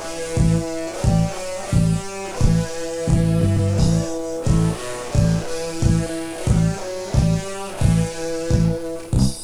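Deep, regular thumps repeat at about 88 a minute, with a steady humming tone layered underneath. It is a heartbeat sound effect with a slightly processed, musical quality.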